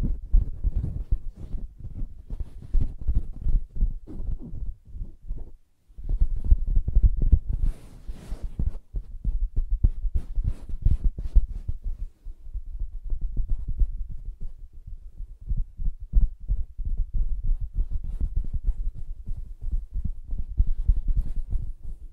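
Soft, muffled tapping and scratching on a fabric surface, a dense run of dull low thuds with little brightness. The rhythm is irregular but nearly continuous, with brief pauses near 6 and 12 seconds and a sharper, brighter scratch around 8 seconds.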